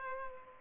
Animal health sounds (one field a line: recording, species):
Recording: mosquito wingbeat signal from an infrared sensor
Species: Culex pipiens